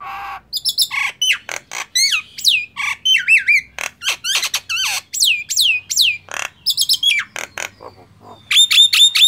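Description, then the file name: Nias hill myna producing a busy stream of sharp whistles, downslurred notes and raspy squawks, ending in a rapid run of repeated high notes. "suara jalak nias"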